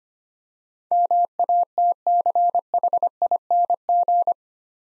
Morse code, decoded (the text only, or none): MATCHING